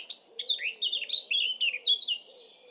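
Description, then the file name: Eurasian blackcap warbling steadily through a fluty, chattering phrase of quick varied notes. "Sylvia atricapilla"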